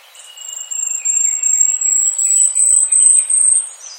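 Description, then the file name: Asian stubtail high, hissing song: a thin, sustained note rising gently in pitch, made of rapid pulses that grow louder over about three seconds. "yabu"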